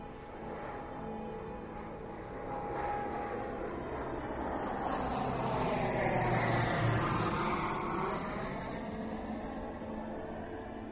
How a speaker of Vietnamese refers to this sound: Chiếc máy bay lẫn vào trong bầu trời đêm đầy sao. Chiếc máy bay đó đã mang tuổi thanh xuân của Wendy mất.